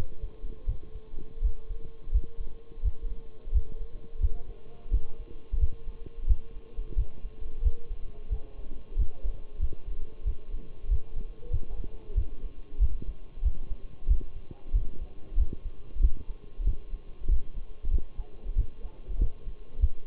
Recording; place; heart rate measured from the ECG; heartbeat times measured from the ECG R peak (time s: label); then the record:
heart sounds by stethoscope; between the tricuspid and mitral areas; 91 bpm
0.68 s: heartbeat
1.44 s: heartbeat
2.14 s: heartbeat
2.84 s: heartbeat
3.54 s: heartbeat
4.22 s: heartbeat
4.93 s: heartbeat
5.61 s: heartbeat
6.28 s: heartbeat
6.97 s: heartbeat
7.64 s: heartbeat
8.31 s: heartbeat
8.98 s: heartbeat
9.61 s: heartbeat
10.26 s: heartbeat
10.90 s: heartbeat
11.52 s: heartbeat
12.17 s: heartbeat
12.81 s: heartbeat
13.44 s: heartbeat
14.09 s: heartbeat
14.75 s: heartbeat
15.39 s: heartbeat
16.02 s: heartbeat
16.66 s: heartbeat
17.30 s: heartbeat
17.92 s: heartbeat
18.57 s: heartbeat
19.20 s: heartbeat
19.81 s: heartbeat
From the record:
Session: Bruce protocol treadmill stress test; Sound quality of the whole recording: partially saturated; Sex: male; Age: 23 years